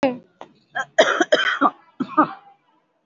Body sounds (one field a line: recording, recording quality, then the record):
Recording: heavy voluntary cough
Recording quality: excellent, no background noise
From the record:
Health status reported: COVID-19 positive, moderate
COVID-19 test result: positive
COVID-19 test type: RT-PCR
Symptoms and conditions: sore throat, fatigue, loss of smell and taste, another respiratory illness, hypertension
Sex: female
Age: 68 years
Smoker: no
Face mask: worn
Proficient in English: yes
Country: India